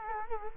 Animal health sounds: mosquito wingbeat signal from an infrared sensor; Culex quinquefasciatus

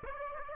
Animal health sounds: mosquito wingbeat signal from an infrared sensor; Aedes aegypti

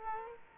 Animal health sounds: mosquito wingbeat signal from an infrared sensor; Culex quinquefasciatus

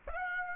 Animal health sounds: mosquito wingbeat signal from an infrared sensor; Aedes aegypti

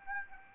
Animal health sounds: mosquito wingbeat signal from an infrared sensor; Aedes aegypti

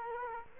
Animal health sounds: mosquito wingbeat signal from an infrared sensor; Culex quinquefasciatus

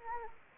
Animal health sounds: mosquito wingbeat signal from an infrared sensor; Anopheles gambiae

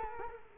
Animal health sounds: mosquito wingbeat signal from an infrared sensor; Culex quinquefasciatus

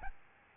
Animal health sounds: mosquito wingbeat signal from an infrared sensor; Aedes albopictus

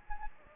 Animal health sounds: mosquito wingbeat signal from an infrared sensor; Anopheles gambiae

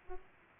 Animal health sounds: mosquito wingbeat signal from an infrared sensor; Aedes aegypti

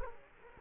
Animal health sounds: mosquito wingbeat signal from an infrared sensor; Culex quinquefasciatus

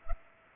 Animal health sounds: mosquito wingbeat signal from an infrared sensor; Culex pipiens

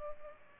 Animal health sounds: mosquito wingbeat signal from an infrared sensor; Culex pipiens

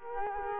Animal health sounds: mosquito wingbeat signal from an infrared sensor; Culex quinquefasciatus

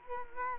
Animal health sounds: mosquito wingbeat signal from an infrared sensor; Culex quinquefasciatus

